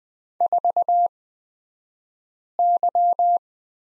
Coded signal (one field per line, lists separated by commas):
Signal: Morse code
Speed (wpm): 20 wpm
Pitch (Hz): 700 Hz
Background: none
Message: 4Y